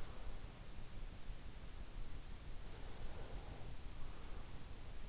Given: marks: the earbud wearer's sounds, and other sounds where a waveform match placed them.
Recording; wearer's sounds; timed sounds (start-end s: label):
sounds in sleep by an in-ear microphone; breath
2.50-4.59 s: breath